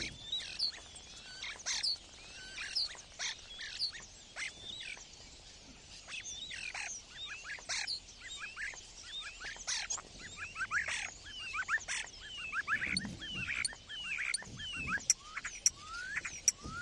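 A starling calls loudly and nonstop, a dense jumble of whistles, clicks and rattling chirps, with a few low thumps near the end.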